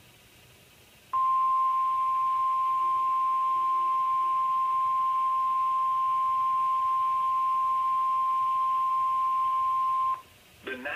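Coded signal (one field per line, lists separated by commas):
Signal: Emergency Alert System (SAME) tones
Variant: 1050 Hz attention tone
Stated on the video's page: EAS alerts from LWX, mostly captured from Hagerstown and Baltimore, Maryland.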